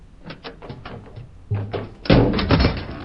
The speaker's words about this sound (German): Und just in diesem Moment öffnet sich die Tür an der Seite der Lok.